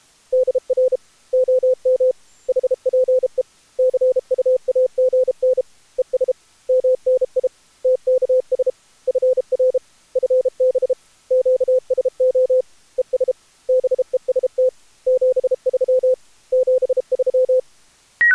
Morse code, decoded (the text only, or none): DR OM HPE CUAGN ES MNI TKS FR FB QSO ES BEST 73 73